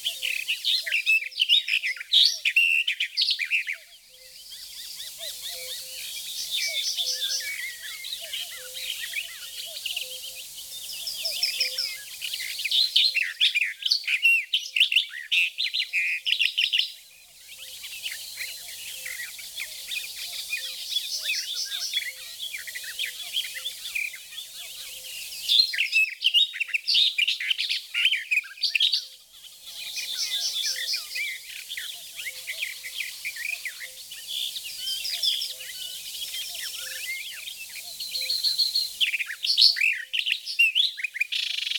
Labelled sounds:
Barred Warbler song

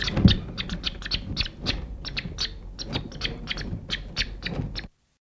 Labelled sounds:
Northern Bald Ibis call

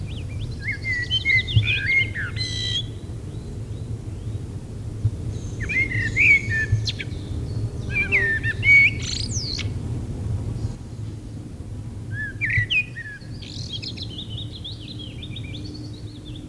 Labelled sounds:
Common Blackbird song

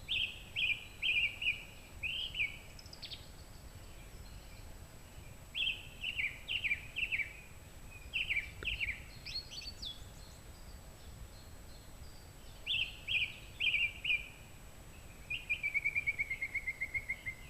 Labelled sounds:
Song Thrush song

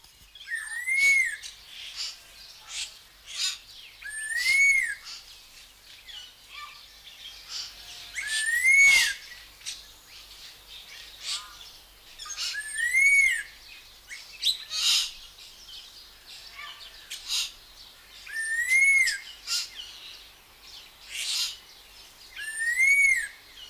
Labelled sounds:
Red-tailed Laughingthrush call

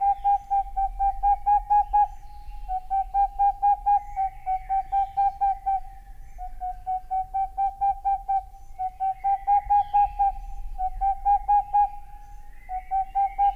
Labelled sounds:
Boreal Owl

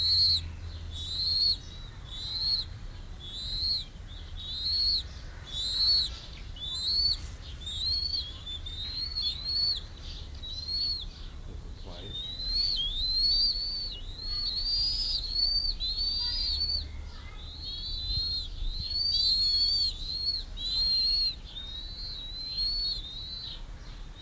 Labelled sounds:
Bald Eagle

